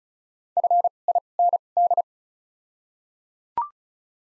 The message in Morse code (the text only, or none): FIND